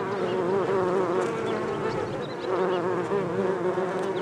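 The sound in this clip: Bees in a thick buzzing chorus, a wavering steady hum.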